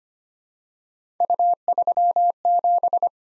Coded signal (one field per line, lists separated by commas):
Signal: Morse code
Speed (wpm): 25 wpm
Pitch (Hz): 700 Hz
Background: none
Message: U37